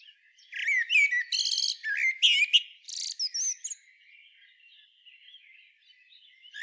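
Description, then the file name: Common blackbird song: a rapid sequence of sharp, squeaky notes and buzzy rasps lasting about three seconds, fading into faint, scattered twitters. "Turdus merula"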